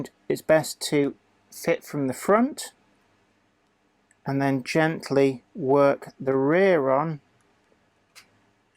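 Someone talks while the plastic body shell of a model pannier tank locomotive is gently worked onto its chassis, fitted from the front first and then eased on at the rear. A faint, brief tick comes at 4.1 s and another soft one near 8.2 s. Nothing has clipped into place yet.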